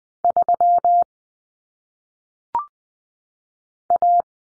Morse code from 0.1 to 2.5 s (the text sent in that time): 3